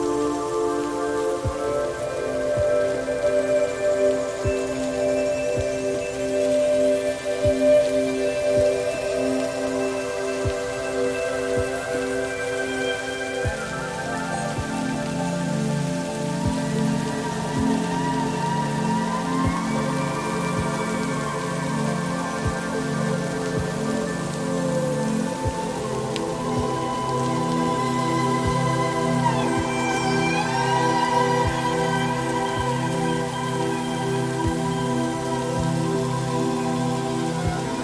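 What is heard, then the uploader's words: Slow, sustained violin music plays over a steady patter of rain. Long held notes glide and swell, with a shift to a fuller, lower chord around the middle and higher lines rising near the end, while the rain stays constant underneath at an even level. Relaxing violin music with rain sounds for sleeping.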